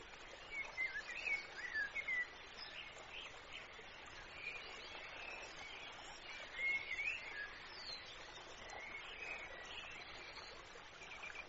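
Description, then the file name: Bird song: bursts of high twittering chirps near the start and again later, with quieter chirps between, over a steady hiss. "Birds Singing"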